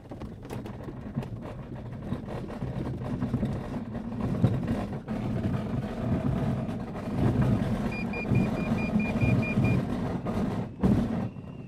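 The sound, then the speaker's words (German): A tow plane's engine roars steadily through a glider aerotow takeoff on runway 30 with the tow cable taut, a loud, continuous low drone with a short run of faint, high repeated beeps partway through and no voices. “Seil stramm, Schleppzug startet auf der 3-0.”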